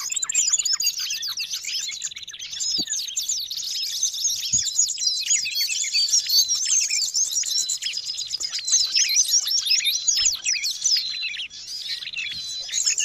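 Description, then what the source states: Birds chattering in a thick tangle of shrill, quick trills and chirps that never pause. Noisy birds, used as a lure to attract wild birds.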